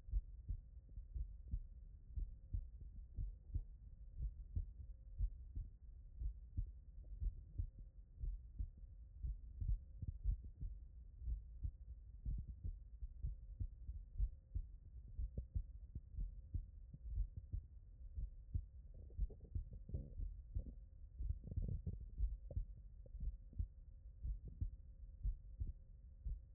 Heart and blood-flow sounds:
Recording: heart sounds by stethoscope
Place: tricuspid valve (TV)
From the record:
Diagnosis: non-HFrEF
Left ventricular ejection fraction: 66%

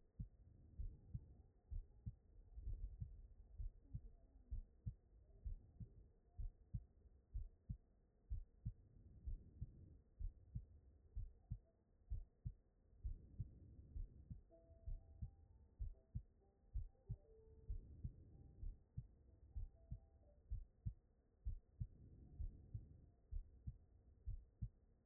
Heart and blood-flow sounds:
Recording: heart sounds by stethoscope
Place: aortic valve (AV)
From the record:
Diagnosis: non-HFrEF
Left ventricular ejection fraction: 56%

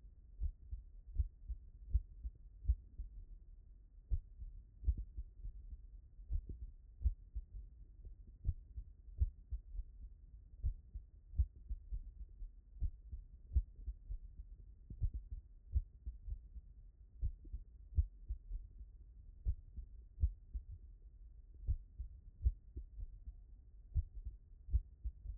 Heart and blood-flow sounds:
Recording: heart sounds by stethoscope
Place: tricuspid valve (TV)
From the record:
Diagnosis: non-HFrEF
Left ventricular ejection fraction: 62%

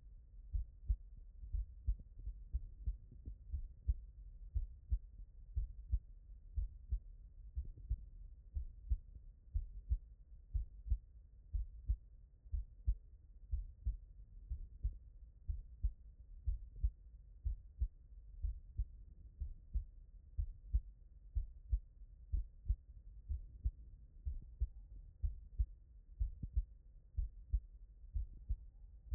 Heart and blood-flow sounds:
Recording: heart sounds by stethoscope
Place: tricuspid valve (TV)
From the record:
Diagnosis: non-HFrEF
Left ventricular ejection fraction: 49%

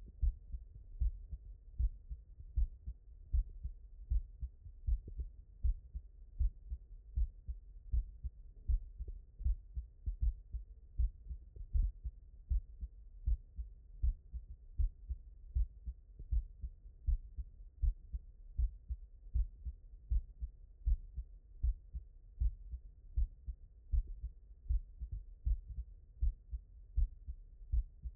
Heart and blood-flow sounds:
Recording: heart sounds by stethoscope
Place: mitral valve (MV)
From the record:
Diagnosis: non-HFrEF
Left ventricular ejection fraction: 59%

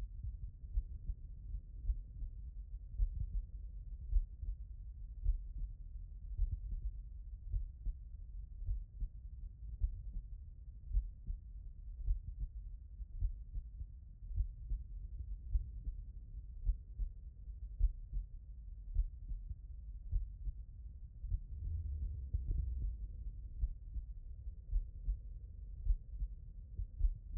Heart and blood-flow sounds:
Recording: heart sounds by stethoscope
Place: tricuspid valve (TV)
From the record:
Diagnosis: non-HFrEF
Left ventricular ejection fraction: 70%

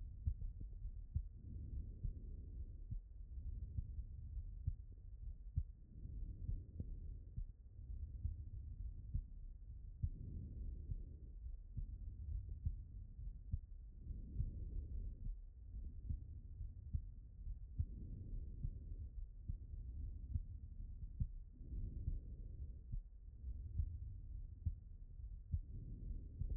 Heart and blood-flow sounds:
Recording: heart sounds by stethoscope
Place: aortic valve (AV)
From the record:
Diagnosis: non-HFrEF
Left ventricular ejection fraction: 61%

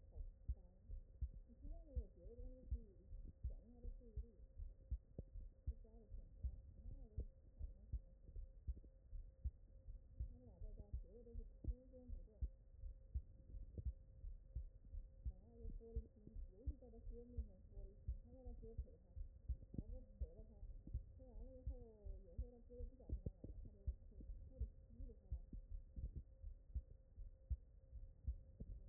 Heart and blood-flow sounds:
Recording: heart sounds by stethoscope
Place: aortic valve (AV)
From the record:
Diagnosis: non-HFrEF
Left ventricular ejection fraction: 59%

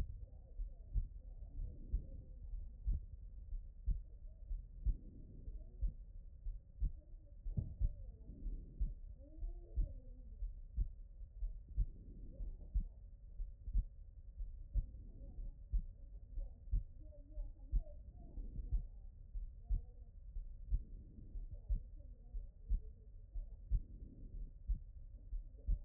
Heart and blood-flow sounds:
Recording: heart sounds by stethoscope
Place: pulmonary valve (PV)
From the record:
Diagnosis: non-HFrEF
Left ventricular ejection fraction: 56%

